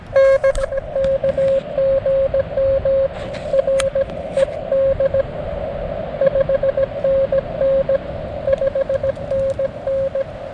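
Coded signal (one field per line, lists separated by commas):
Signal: Morse code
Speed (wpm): 17 wpm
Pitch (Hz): 540 Hz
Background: radio noise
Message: N KGM R ED 5NN 5NN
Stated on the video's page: Summits on the Air activation with Xiegu G-106 and Elecraft KH1 radios, on a peak with commercial communication towers, testing for interference.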